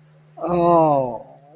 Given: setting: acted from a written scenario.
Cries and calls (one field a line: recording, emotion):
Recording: vocal sound without words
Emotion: embarrassment